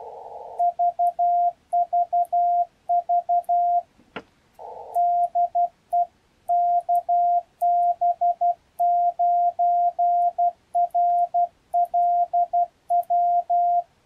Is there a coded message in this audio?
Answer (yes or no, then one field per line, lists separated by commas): yes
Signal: Morse code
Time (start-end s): 0.6-13.8 s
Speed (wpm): 12 wpm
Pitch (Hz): 700 Hz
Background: radio noise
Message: VVV DE KB9RLW